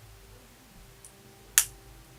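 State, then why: Seated. A leather double bracelet is wrapped around the neck as a choker and its metal clasp is closed on its catch. A faint tick comes at 1.1 s, then a sharp, bright snap at 1.6 s shows the clasp is locked into place.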